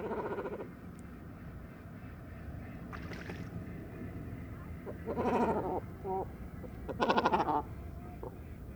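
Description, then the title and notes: Great cormorant guttural calls, short rough croaking bursts separated by pauses, with a low steady background noise underneath. Great cormorant roost on fishermen's stakes at dusk beside the Vaccarès lagoon, Camargue, France, 4 January 2020; not enough room for all, incessant squabbles until nightfall; distant car murmur; MKH40 microphone. "Dortoir de Grands cormorans. Bord du Vaccarès - Camargue"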